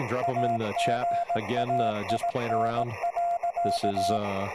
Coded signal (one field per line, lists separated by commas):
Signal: Morse code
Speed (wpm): 18 wpm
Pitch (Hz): 690 Hz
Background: speech, radio noise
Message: AGAIN.